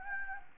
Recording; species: mosquito wingbeat signal from an infrared sensor; Anopheles gambiae